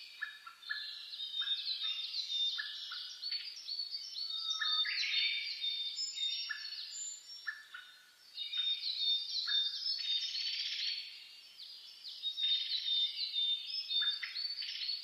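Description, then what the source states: Birds in a dense chorus, repeated chattering phrases and quick trills from many singers, with high steady whistles and a brief lower whistle, pausing briefly midway. Dawn chorus (reimei) of birdsong (saezuri), recorded 10 May 2010 at 04:01 with a DH-D50 recorder.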